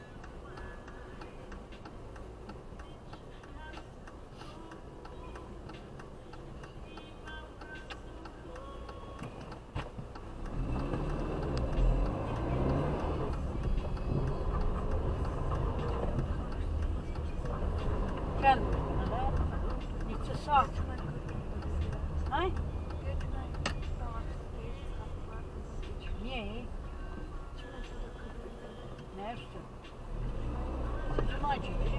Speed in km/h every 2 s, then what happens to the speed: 0, 0, 0, 0, 0, 2, 4, 13, 19, 22, 22, 20, 11, 9, 4, 3.
0-11 standing. 11-18 pulls away to 22. 18-32 slows to 3.